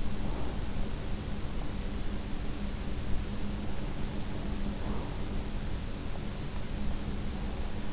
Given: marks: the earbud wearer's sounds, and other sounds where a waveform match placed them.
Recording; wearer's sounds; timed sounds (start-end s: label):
sounds in sleep by an in-ear microphone; breath
0.00-0.96 s: breath
4.55-5.46 s: breath